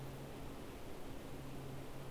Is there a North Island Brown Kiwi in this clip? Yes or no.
no